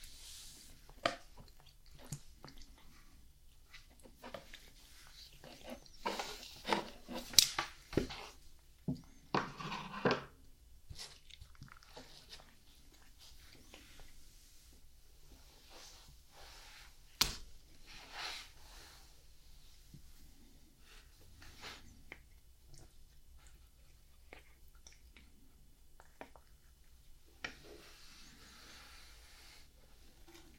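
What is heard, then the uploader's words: A cat is brushed, with bursts of scratchy bristle strokes that cluster most densely between about 5 and 11 seconds. After that the strokes thin out to occasional sharp rasps, one near 17 seconds, over a low steady hum. Nothing fancy, just a relaxing night spent brushing my cat, Lenny.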